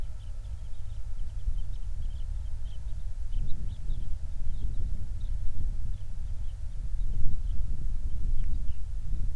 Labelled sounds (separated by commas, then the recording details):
songbird, flare stack, wind, vehicle
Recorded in the Prudhoe Bay oil fields, Alaska, on 28 July 2019 at 05:20
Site 25